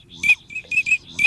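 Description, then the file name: Eurasian teal giving a quick series of several short, clear whistled notes in just over a second, each a crisp piping chirp. Recording prepared for use in an electronic decoy caller. "Чирок-свистунок Alzavola"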